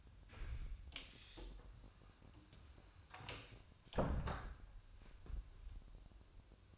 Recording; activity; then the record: daily activity, microphone in the room; close door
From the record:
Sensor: 2